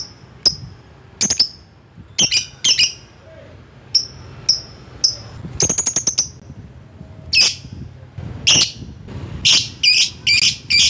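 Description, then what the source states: Lovebird calls: shrill high chips and shrieks, some single, some in quick runs, growing busier toward the end, with faint low background noise. Lovebird calling a rival.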